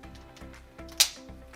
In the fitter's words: once you fasten them you should hear that click that means they're properly fastened then